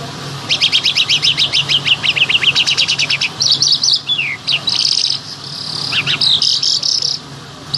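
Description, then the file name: Bimaculated lark song opening with a rapid repeated series of sharp downslurred notes, followed by buzzy high trills and slurred whistles over a low hum. "sound black bimaculated lark"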